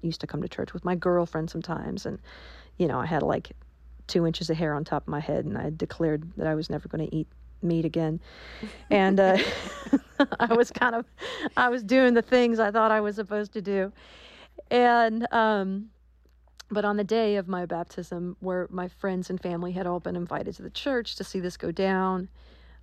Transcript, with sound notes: I used to come to church with my girlfriend sometimes. And, you know, I had, like, two inches of hair on top of my head. And I declared that I was never going to eat meat again. And...
(LAUGHTER)
I was kind of - I was doing the things I thought I was supposed to do. And - but on the day of my baptism where my friends and family had all been invited to the church to see this go down,